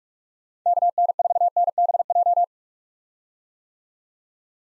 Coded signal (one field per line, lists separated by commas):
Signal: Morse code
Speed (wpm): 43 wpm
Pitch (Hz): 700 Hz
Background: none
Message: KN4NBJ